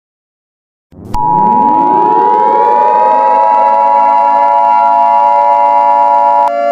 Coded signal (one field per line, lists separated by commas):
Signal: Emergency Alert System (SAME) tones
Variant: 853 and 960 Hz attention tone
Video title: EAS Scenario 7 - GMAN’s Terror!